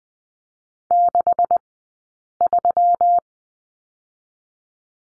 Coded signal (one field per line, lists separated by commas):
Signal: Morse code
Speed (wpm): 20 wpm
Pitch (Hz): 700 Hz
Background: none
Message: 63